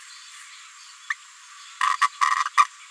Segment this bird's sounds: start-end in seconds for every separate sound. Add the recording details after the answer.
1.10-1.13, 1.83-1.94, 2.01-2.08, 2.45-2.48, 2.57-2.64. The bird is a female. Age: 30 days. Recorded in a nest box in Venezuela. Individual 17B73B2